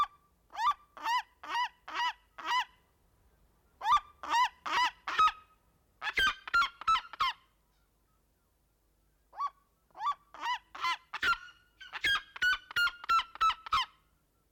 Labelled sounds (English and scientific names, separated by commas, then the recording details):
Red-legged Seriema (Cariama cristata) call
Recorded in captivity
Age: adult
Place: Zoo Berlin, Berlin, DE
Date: 1992-11-07 11:46
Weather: bedeckt, 14°C
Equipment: Marantz CP 430, Sennheiser ME 80, Kopie Tesla B 116
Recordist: Tembrock, Günter